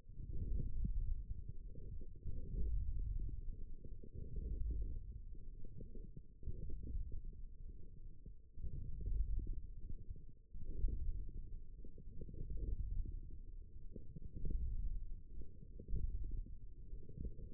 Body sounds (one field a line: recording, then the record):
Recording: forearm muscle sounds (acoustic myography)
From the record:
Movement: forearm supination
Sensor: system 1, eight BSWA MPA416 microphones around the upper forearm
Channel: 4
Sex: male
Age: 18 years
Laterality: right